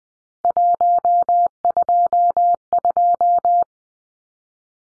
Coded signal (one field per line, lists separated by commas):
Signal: Morse code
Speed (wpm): 20 wpm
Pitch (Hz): 700 Hz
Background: none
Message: 122